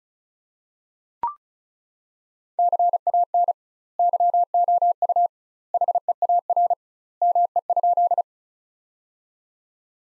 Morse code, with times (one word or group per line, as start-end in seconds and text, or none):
2.6-3.5 CAN
4.0-5.3 YOU
5.7-6.7 HEAR
7.2-8.2 ME?